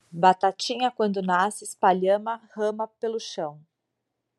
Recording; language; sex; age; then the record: short text; Brazilian Portuguese; female; 40 to 49 years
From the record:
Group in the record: control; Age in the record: 47 years